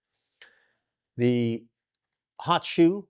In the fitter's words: a zoom gear on here that you just need to line up and then it pops right in